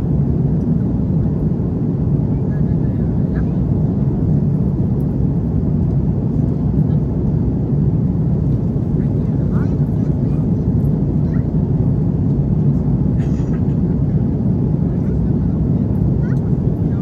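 Inside an Airbus A330 in flight, the engines give a steady, heavy low roar that never lets up through the whole stretch. Faint murmurs of passenger voices and a few small clicks and clinks of cabin service sit above the drone.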